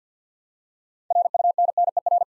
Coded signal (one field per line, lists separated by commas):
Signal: Morse code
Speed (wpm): 49 wpm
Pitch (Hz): 700 Hz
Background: none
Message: RUNNER